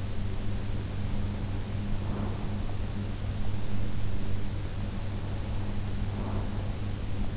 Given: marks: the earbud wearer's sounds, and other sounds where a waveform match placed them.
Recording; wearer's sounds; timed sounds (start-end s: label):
sounds in sleep by an in-ear microphone; breath
1.80-2.77 s: breath
6.07-6.81 s: breath